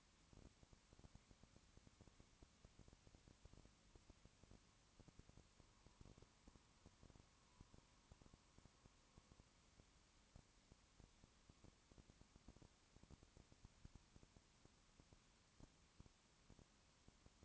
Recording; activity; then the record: daily activity, microphone in the room; no activity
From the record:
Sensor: 1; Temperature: 19.2 degrees Celsius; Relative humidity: 37.8%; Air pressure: 1001.1 hPa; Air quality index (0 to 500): 198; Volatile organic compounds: 7 ppm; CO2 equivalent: 1994 ppm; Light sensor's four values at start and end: 1/2/1/1 and 1/2/1/1